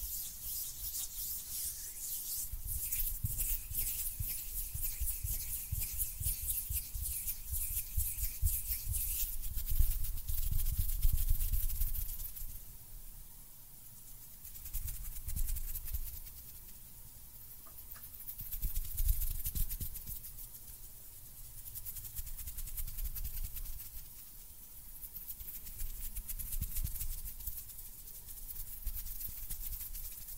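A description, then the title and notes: Close hand sounds: skin rubbing and brushing, dense and scratchy for the first ten seconds with a bright hiss and low thumps. After that it settles into softer, slower swells of rubbing roughly every four seconds, with a faint steady tone underneath. ASMR JUST HAND SOUNDS AND FINGER FLUTTERING UP CLOSE AND NO TALKING.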